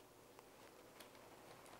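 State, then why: Not seated. A RAM module is being handled and positioned over a motherboard DIMM slot, with faint soft ticks and handling rustle over a steady background hiss. Nothing has seated or clicked yet, and the plastic retention latches at each end have not snapped shut.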